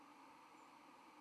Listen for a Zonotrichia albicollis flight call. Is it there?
no